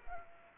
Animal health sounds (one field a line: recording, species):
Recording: mosquito wingbeat signal from an infrared sensor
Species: Culex quinquefasciatus